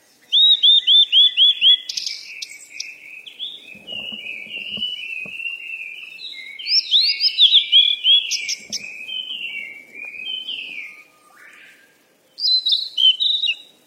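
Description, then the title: Birdsong opens with several quick arched whistles, then a long, busy warble of sliding notes, a pause, and a final bright high phrase. Birds chirping. "鸟儿喳喳"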